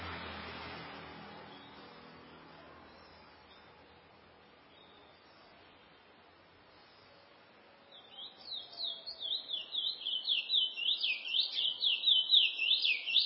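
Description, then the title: Chestnut-bellied seed finch: quiet hiss for several seconds, then a Chestnut-bellied seed finch bursts into a fast, high, rhythmic warbling song that grows louder toward the end. "Canto De Curio"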